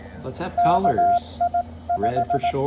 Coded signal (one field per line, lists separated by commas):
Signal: Morse code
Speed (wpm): 18 wpm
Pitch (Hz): 700 Hz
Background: speech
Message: KI5